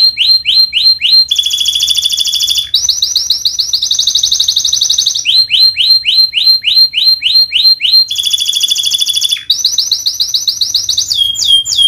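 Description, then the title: Canary song, continuous and loud: rising whistled notes repeated several times a second, alternating with rapid buzzy trills and rolling phrases. Vigorous canary singer ('gacor') praised for the best 'cengkok' song phrasing and the most luxurious 'isian' fill-in notes; Indonesian songbird-keeping (kicaumania) context. "Kenari Gacor Cengkok Terbaik Isian Paling Mewah Kenarigacor Kicaumania Kenari"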